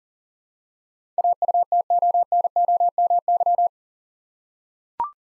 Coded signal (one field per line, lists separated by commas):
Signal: Morse code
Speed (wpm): 40 wpm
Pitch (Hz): 700 Hz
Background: none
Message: AUTONOMY